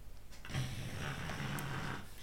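A dog snoring. The dog is a female with leishmaniasis.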